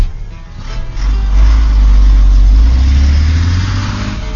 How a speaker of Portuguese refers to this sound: Caminhões.